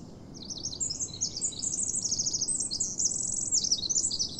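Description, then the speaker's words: Pacific wren singing a fast, bubbling stream of very high twitters and trills, the notes tumbling and warbling together in one unbroken run, with faint low rumble beneath. Perched out in the open singing; possibly the smallest bird species here, with a mighty song; creeps along the ground, under logs and upturned tree roots; national park. "Your best chance of seeing them is when they're perched out in the open, singing like this one is."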